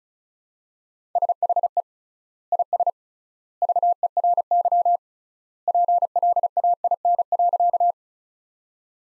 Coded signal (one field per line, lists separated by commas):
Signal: Morse code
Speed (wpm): 34 wpm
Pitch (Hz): 700 Hz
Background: none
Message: SHE IS VERY PLAIN.